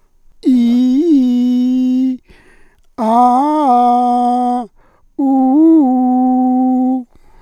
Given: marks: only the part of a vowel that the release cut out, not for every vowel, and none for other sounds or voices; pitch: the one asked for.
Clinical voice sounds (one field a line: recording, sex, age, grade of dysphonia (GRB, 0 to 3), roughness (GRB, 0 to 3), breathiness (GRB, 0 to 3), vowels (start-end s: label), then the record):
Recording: sustained vowels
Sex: male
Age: 50 to 59 years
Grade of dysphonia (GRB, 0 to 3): 0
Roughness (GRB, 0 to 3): 0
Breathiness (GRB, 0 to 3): 0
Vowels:
0.57-2.00 s: vowel /i/, low-high-low pitch
3.11-4.51 s: vowel /a/, low-high-low pitch
5.36-6.85 s: vowel /u/, low-high-low pitch
From the record:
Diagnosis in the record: functional dysphonia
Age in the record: 59 years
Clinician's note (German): Internusschwäche mit psychischer Komponente, auffällige Asymmetrie, re deutlich kürzer li